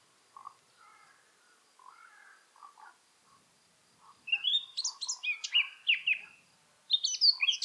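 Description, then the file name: Eurasian blackcap song: a soft, scratchy low warble for four seconds, then a loud burst of clear fluting, rising and falling whistled notes, with a brief pause before another phrase. "Sylvia atricapilla"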